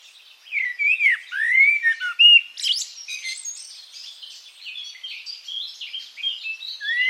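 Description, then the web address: Bird song with clear rising and falling whistles, a loud buzzy note near the third second, then a softer, continuous jumble of chirps. "cianscape birddata Deverinetal 2025 Bird Only"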